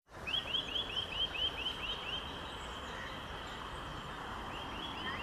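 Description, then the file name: Eurasian nuthatch giving a fast run of several rising whistled notes, then starting another run at the end, over steady rushing background noise. "Sitta europaea"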